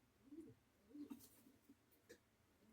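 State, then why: Not seated. During servicing of a Hornby Triang Britannia model steam locomotive, a part, most likely the body shell, is being pushed onto the chassis. Only soft, low handling sounds are heard, with a few brief louder scrapes or taps around 0.4 s, 1.1 s and 2.1 s. Nothing has clicked or seated yet.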